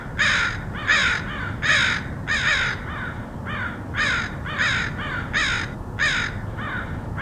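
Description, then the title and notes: Crows cawing in a steady run of harsh, hoarse caws, several birds overlapping, roughly one to two calls each second over a low background rumble. Crows recorded in Portland, Oregon, USA, in August 2003. "Crows of Portland. Crows recorded by Dan Bodah in Portland, OR, August 2003"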